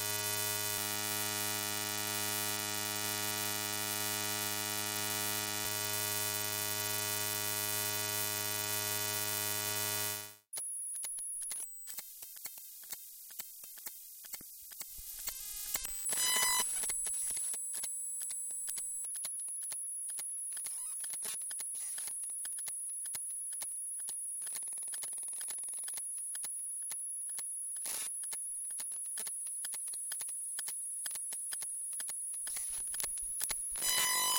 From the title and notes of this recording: Electromagnetic fields : collection of ten recordings made using induction coils. Recorded at home using a pair of phone pickup coils (modified by Jez riley French) connected to the microphone input of Sony PCM D50 recorder. Washing machine programmer.